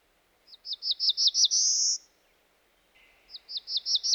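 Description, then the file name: Black-throated blue warbler singing a string of short, high, buzzy notes that ends in a drawn-out buzz, then starting the same pattern again. "dan gibsons solitudes black throated blue warbler"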